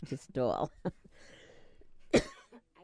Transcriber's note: coughs